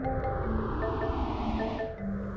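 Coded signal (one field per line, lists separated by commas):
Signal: none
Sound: music beeps in kids video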